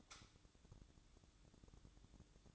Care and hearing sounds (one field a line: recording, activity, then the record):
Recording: daily activity, microphone in the room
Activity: light on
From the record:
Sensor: 3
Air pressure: 1007.9 hPa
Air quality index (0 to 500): 82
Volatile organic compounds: 1 ppm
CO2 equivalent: 699 ppm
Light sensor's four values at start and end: 12/29/12/12 and 20/52/23/20